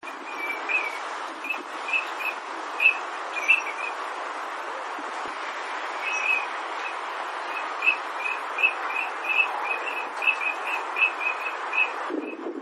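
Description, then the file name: Eurasian teal calls, short high whistled notes given in loose bursts, with a pause in the middle, over a steady broad hiss. "kogamo"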